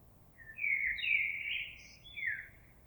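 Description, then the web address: Common blackbird song: a single rich, wandering warble with a few higher squeaky notes above it, against soft background hiss. On 26 April 2022. "oiseaux Merle 2022 04 26"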